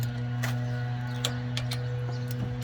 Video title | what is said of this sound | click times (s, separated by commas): Replacing 2017 Nissan Murano brakes | Did you hear that click? | 1.2 s